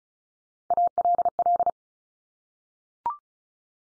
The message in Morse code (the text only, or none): ALL